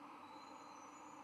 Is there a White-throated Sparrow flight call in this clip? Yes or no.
no